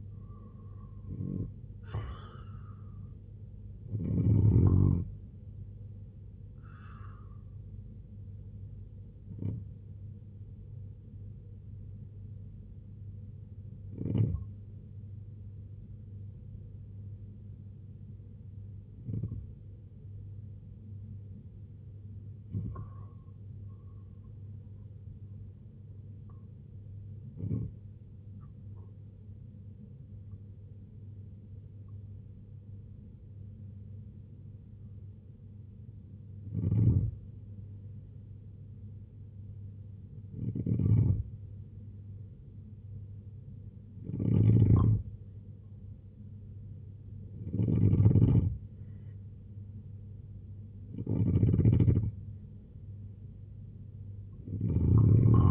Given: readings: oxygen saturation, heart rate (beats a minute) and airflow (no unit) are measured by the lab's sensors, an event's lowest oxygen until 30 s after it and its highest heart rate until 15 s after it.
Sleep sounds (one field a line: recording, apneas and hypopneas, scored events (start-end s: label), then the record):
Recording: breathing in sleep by a smartphone at the bedside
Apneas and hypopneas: 1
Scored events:
9.00-44.70 s: hypopnea (N2, oxygen 95% highest, then 88% lowest, heart rate 68 at the start, 81 highest)
From the record:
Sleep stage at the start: N2 (light sleep)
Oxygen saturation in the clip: 84 to 95%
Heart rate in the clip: 60 to 88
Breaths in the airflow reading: 12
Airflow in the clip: -6.6 to 7.4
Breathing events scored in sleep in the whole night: 258 in 7.4 hours asleep